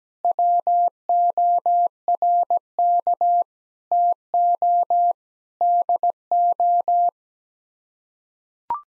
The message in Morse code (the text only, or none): WORK TO DO